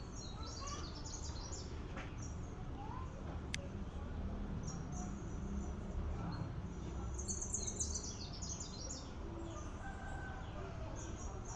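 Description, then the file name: Bird song in bright high chirping bursts near the start and again midway, set against constant low-pitched ambient hum. Recorded in a school yard. "oiseau cour ecole"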